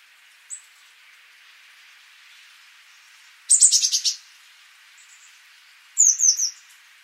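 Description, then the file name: Eurasian blue tit calls, two bursts of high, rapid scolding notes about two and a half seconds apart, with a faint thin note before them over soft background hiss. "Cyanistes caeruleus"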